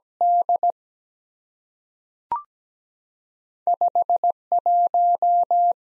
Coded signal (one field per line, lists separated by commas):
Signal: Morse code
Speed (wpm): 17 wpm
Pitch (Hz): 700 Hz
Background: none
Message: D 5 1